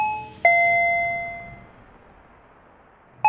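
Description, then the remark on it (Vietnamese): A doorbell chimes slowly: two bright tones ring out one after another and fade over about a second, then after a long pause a third chime begins, unhurried and clear against quiet background. “Âm thanh của tiếng chuông cửa lần này vang lên sao khác quá. Nó chậm rãi, không vội vã cũng không thúc giục như thể để cho người bên trong có thời gian chuẩn bị.”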